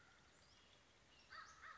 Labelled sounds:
Western Flycatcher (Empidonax difficilis)
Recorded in Sonoma County, California

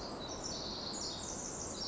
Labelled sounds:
Pacific Wren (Troglodytes pacificus)
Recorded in Sonoma County, California

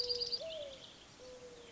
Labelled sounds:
Mourning Dove (Zenaida macroura)
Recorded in Sonoma County, California

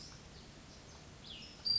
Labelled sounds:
Cassin's Vireo (Vireo cassinii)
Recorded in Sonoma County, California

